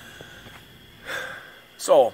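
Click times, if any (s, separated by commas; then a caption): none. A person strains to push part of a heavy-duty rear bumper and hitch from a Ski-Doo REV XS towing package into the snowmobile's rear chassis by hand, with faint low sounds, a burst of heavy breathing or gasping, and someone talking. The part has not seated or clicked into place, and a rubber mallet is to be fetched to finish the job.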